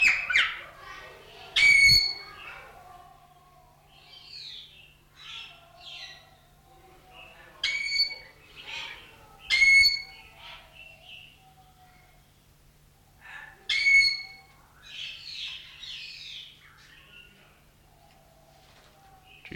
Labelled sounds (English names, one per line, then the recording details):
Golden Myna call
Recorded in captivity
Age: adult
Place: Zoo Berlin, Berlin, DE
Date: 1994-02-05
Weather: heiter bis wolkig, 0 °C, Wind
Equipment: Marantz CP 430, Sennheiser MKH 416 T, Kopie Uher Variocord 263
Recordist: Tembrock, Günter